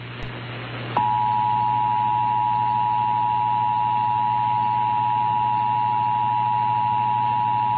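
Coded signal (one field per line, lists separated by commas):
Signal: Emergency Alert System (SAME) tones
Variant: 853 and 960 Hz attention tone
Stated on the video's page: Simulated EAS alert made as part of a fictional hurricane landfall coverage scenario.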